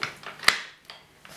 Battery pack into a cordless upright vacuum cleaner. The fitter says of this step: you locate it at the bottom first and then just push it towards the top until it clicks into position